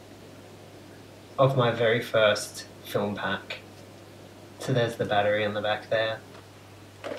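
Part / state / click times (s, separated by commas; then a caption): instant film pack into instant camera film compartment / not seated / none. Someone talks while handling a plastic instant film pack for the front film compartment of a vintage 1970s SX-70 Pronto! 1500 instant camera. Only speech over a low steady hum is heard, with no sharp clicks. Nothing has seated or clicked into place yet.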